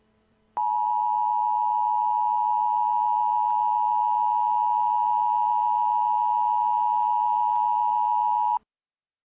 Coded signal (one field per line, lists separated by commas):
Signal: Emergency Alert System (SAME) tones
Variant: 853 and 960 Hz attention tone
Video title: Emergency Alert System Senario (FURRY INFECTED OUTBREAK) Furry Virus